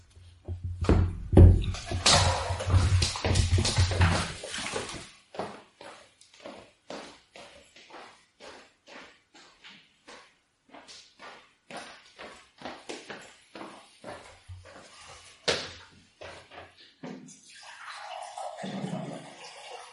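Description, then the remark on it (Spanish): Water splashes and rushes into a glass for a few seconds, followed by a long run of steady, evenly spaced gulps and swallowing clicks, ending with a short exhale. “Voy a beber un vasito de agua porque esto de leer en voz alta te seca el galillo, una cosa mala.”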